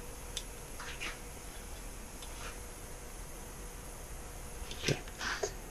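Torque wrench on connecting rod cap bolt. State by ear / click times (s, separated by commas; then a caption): not seated / none. A torque wrench that has not been set yet tightens a connecting rod cap bolt while pistons are installed in a 2009 ZX-10R engine. Over a steady low background hiss, a few brief scraping and tapping sounds come through, with a sharp tap at 0.4 s and a louder cluster of knocks near 4.7–5.5 s. Because the wrench was never set, it has not clicked yet.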